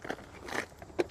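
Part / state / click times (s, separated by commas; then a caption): exterior shower sprayer into its storage holder on the RV / seated / 1.0 s. The exterior shower sprayer and hose of a 2023 Four Winds 28A Class C RV are stowed back into their holder in the outside compartment, with soft crackling handling noises early on. A sharp, loud click at 1.0 s is the sprayer locking into place in its holder.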